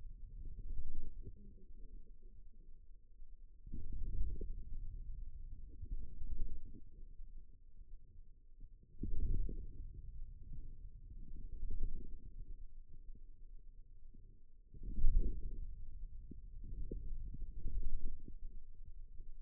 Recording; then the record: forearm muscle sounds (acoustic myography)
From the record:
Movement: wrist extension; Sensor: system 2, bracelet of six BSWA MPA416 microphones around the upper forearm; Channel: 1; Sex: male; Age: 22 years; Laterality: right